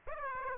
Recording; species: mosquito wingbeat signal from an infrared sensor; Aedes aegypti